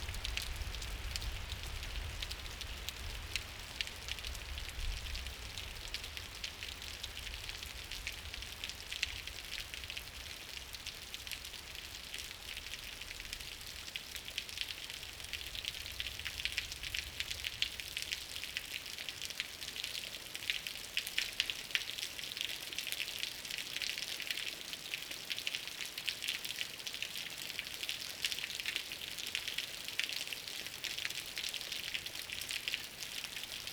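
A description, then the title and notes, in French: A thin stream of water falls from a great height onto the ground, making a dense, steady spatter of tiny bright drops with a crisp hiss. A soft low rumble underneath fades out around the middle, and the splashing grows slightly fuller toward the end. Enfin, la pluie. Diois - Binaural - 2X mkh8020. A l'abri d'une falaise j'enregistre un filet d'eau qui tombe de plus de vingt mètres sur le sol.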